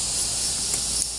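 A solar panel cable connector is slid into its mating connector while 240W solar panels are wired in series, over a steady broadband hiss. A sharp, short click at 1.0 s marks the connector seating and locking in.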